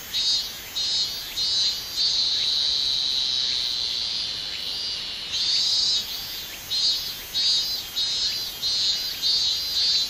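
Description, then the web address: Minmin cicada singing with high shrill buzzes in rhythmic pulses, a sustained drone in the middle, then regular pulsing bursts in quick succession. "shamanippon-2012 a minminzemi"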